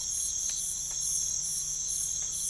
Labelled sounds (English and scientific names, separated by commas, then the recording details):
none
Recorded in pastures near Puerto Asís, Putumayo, Colombia, on 21 December 2024 at 05:00
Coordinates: 0.487, -76.322
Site GP09